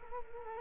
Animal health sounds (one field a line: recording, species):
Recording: mosquito wingbeat signal from an infrared sensor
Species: Culex quinquefasciatus